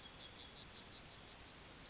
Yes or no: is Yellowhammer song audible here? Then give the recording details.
yes. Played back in grassland. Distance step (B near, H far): C. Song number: 134